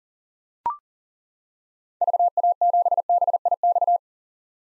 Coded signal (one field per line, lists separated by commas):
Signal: Morse code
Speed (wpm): 38 wpm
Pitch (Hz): 700 Hz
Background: none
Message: VA7BIX